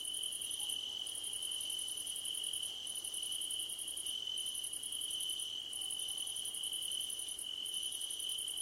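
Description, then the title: Crickets trilling. A constant high drone continues while a sharper pulsed trill starts and stops roughly every second, and brief fainter tones repeat alongside. Crickets calling at night under a starlit sky. "Nighttime Ambience with Crickets"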